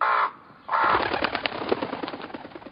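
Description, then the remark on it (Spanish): A raven flaps its wings in a rapid, rough flutter that runs steadily for nearly two seconds, just after two short humming tonal bursts. No one speaks. “Agitando el plumaje, un cuervo muy solemne y ancestral.”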